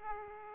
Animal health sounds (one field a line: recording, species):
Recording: mosquito wingbeat signal from an infrared sensor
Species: Aedes aegypti